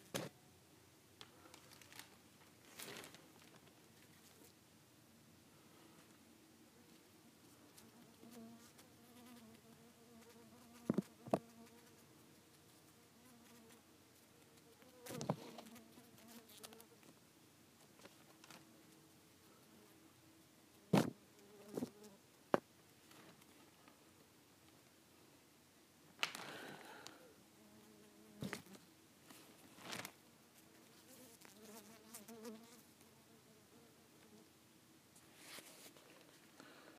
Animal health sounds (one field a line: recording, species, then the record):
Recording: mosquito flight sound by mobile phone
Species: Culiseta incidens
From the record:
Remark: in a plastic bag